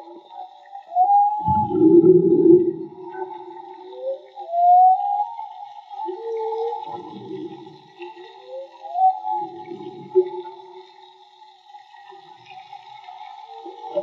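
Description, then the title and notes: Whale song: a deep grunting moan opens, then long wavering tonal cries and upswept whoops around a steady hum, phrases returning every few seconds. Whale song, field recording made with DIY-built hydrophones; audio cleaned afterwards. "CANTO DE BALLENAS MAGMA. Grabación de campo y construcción dehidrofonos DIY: Jorge Barco. Limpieza de audio: Santiago Minotas"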